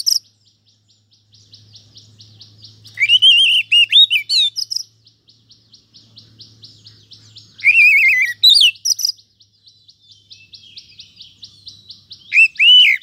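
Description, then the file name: Oriental magpie-robin whistling short varied phrases every few seconds over a steady series of faint high ticks and a low hum. "Suara-Kacer-Versi-1"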